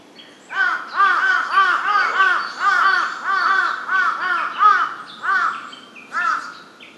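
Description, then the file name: Large-billed crow giving a long series of harsh, arched caws in quick succession, then a few more after a short pause. Recorded 23 May 2007. "hasibutogarasu 07052302"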